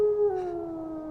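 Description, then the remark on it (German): A single long howl from a hound on a moor holds a steady, clear tone, then slides slowly downward in pitch as it fades, sounding alone with no voices. “Der berühmteste Fall von Sherlock Holmes ist erst 120 Jahre alt. Es ist natürlich der Hund der Baskervilles.”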